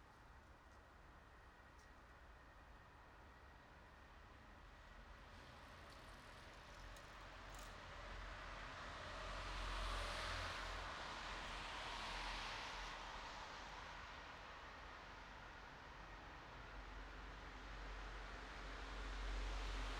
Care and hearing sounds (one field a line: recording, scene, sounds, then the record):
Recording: everyday scene through a hearing-aid microphone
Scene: in traffic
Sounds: traffic, siren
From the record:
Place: bus stop on a city main road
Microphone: in the ear canal, right